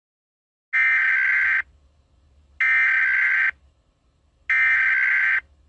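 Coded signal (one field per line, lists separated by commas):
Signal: Emergency Alert System (SAME) tones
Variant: header bursts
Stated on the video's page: Fictional EAS scenario.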